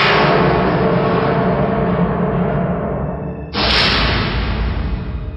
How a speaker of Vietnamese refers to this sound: Chúng tôi vừa đốt đuốc lên, đang định xem kỹ địa hình để nghĩ cách thoát thân, thì cái lò đốt xác phía sau đột nhiên kêu rầm lên một tiếng. Bên trong dường như có thứ gì đó muốn xông ra ngoài.